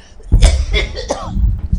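A cough from an adult.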